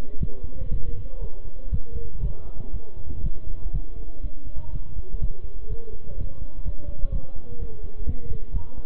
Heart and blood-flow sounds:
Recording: heart sounds by stethoscope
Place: between the tricuspid and mitral areas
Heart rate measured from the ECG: 122 bpm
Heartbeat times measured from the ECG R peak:
0.21 s: heartbeat
0.71 s: heartbeat
1.22 s: heartbeat
1.72 s: heartbeat
2.23 s: heartbeat
2.73 s: heartbeat
3.24 s: heartbeat
3.74 s: heartbeat
4.24 s: heartbeat
4.73 s: heartbeat
5.22 s: heartbeat
5.70 s: heartbeat
6.18 s: heartbeat
6.66 s: heartbeat
7.13 s: heartbeat
7.60 s: heartbeat
8.07 s: heartbeat
8.54 s: heartbeat
From the record:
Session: bicycle stress test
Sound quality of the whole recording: good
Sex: male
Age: 23 years

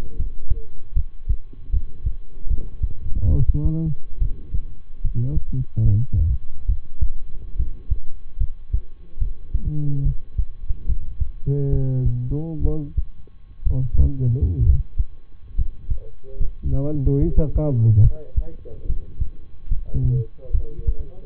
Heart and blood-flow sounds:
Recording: heart sounds by stethoscope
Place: between the tricuspid and mitral areas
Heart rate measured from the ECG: 71 bpm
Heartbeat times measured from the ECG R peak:
0.15 s: heartbeat
0.92 s: heartbeat
1.69 s: heartbeat
2.47 s: heartbeat
3.28 s: heartbeat
4.18 s: heartbeat
5.00 s: heartbeat
5.82 s: heartbeat
6.65 s: heartbeat
7.55 s: heartbeat
8.37 s: heartbeat
9.18 s: heartbeat
10.02 s: heartbeat
10.85 s: heartbeat
11.69 s: heartbeat
12.61 s: heartbeat
13.62 s: heartbeat
14.62 s: heartbeat
15.54 s: heartbeat
16.36 s: heartbeat
17.18 s: heartbeat
18.00 s: heartbeat
18.85 s: heartbeat
19.67 s: heartbeat
20.50 s: heartbeat
From the record:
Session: rest, lying down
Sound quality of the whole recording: good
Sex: male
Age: 23 years

